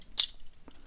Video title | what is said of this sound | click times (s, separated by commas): Unique Toys Stellar Warrior M-05 RAGEWINTERCHILL Transformers Masterpiece Combaticon Vortex | you want to make sure that you click this arm all the way up and over so it | 0.2 s